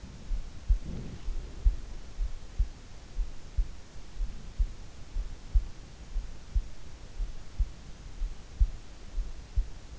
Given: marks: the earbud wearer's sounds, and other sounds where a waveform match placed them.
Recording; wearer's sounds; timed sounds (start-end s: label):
sounds in sleep by an in-ear microphone; breath
0.00-1.84 s: breath